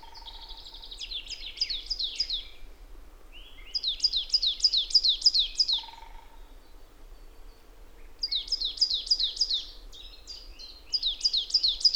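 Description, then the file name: Marsh tit giving repeated bursts of rapid, high, descending chipping notes, each run of several notes broken by short pauses and softer lower sounds. "Poecile palustris"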